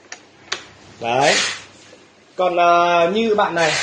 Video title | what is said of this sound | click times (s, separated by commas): Tự vệ sinh Robot hút bụi Irobot roomba - P2 | Và cái này ấn cạch một cái là xong. | 0.1 s, 0.5 s